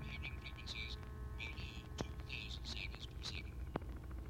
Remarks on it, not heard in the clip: If we allow only those frequencies above 2,000 cycles per second to reach your ear, my voice sounds like this. You are being prevented from hearing frequencies below 2,000 cycles per second.